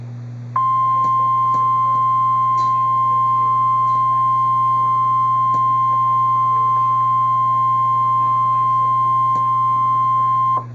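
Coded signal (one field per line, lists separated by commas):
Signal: Emergency Alert System (SAME) tones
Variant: 1050 Hz attention tone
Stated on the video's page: Real NOAA Weather Radio tornado warning.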